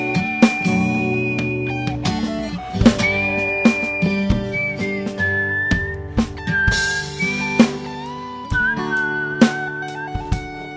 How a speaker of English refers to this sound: All my whistling's terrible. It's a nice melody.